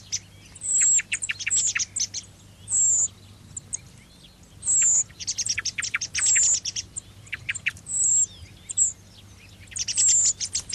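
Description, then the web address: Thrush singing a series of varied phrases: high piercing whistles mixed with rapid twitters, separated by short pauses. Song phrases (moduli). "Moduli Tordo"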